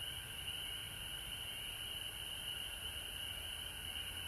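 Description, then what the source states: Frog chorus, an unbroken high wall of sound with a softer, lower tone beneath it throughout. Frogs recorded at home in Georgia on March 19, 2020.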